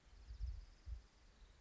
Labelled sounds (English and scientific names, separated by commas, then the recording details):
Orange-crowned Warbler (Leiothlypis celata)
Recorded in Sonoma County, California